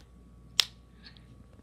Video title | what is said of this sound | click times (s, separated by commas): Part 2 airpods pro unboxing sorry 2 is before 1 | god these are beauties listen for the snap oh yeah it | 0.6 s